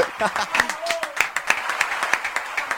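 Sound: applause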